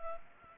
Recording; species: mosquito wingbeat signal from an infrared sensor; Culex pipiens